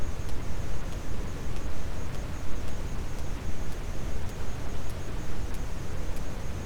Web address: Physeter Macrocephalus clean cachalot positif